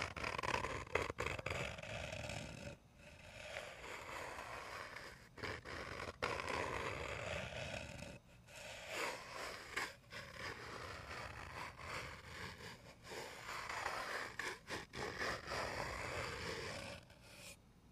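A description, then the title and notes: Gentle tapping and scratching continue without a break, a dense, rustling scrape that fills the whole range from low to bright. Short pauses and sharper taps break it up around 3, 5.5, 8 and 14–15 seconds, and the loudness rises and falls in small waves. ASMR medium gentle tapping and scratching.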